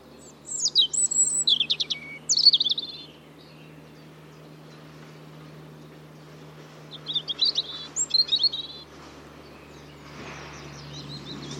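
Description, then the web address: European robin singing two thin, high, warbling phrases with a long quiet gap between them, against a constant low hum and background noise. "Deverinetal 2025 File origin Bird Only Er Ru"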